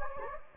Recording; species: mosquito wingbeat signal from an infrared sensor; Anopheles gambiae